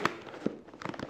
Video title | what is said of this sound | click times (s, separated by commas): Next Budget Modular Helmet mo! - Zebra Validus Helmet Review | Yan, nag-lock na siya. | 0.9 s